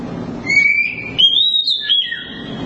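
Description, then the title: Oriental magpie-robin song: a long, clear whistled line that rises gently and then steps higher, followed by sweet slurred notes over a soft low hum. Long-duration song. "Kacer Durasi Panjang"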